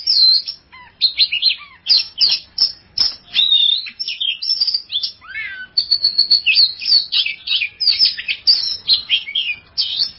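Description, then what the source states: Oriental magpie-robin song: a long, energetic run of varied whistles, trills and down-slurred notes. Champion songbird.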